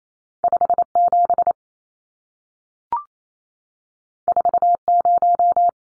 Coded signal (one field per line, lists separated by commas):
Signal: Morse code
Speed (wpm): 28 wpm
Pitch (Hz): 700 Hz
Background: none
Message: 57 40